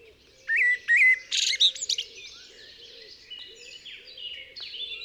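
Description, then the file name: Common blackbird song opening with clear whistled notes and a squeaky flourish, then fading into a dense chorus of other birds and a faint repeated low note. "Turdus merula"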